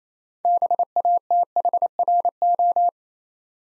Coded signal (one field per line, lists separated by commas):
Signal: Morse code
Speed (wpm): 27 wpm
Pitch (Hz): 700 Hz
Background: none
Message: BATHRO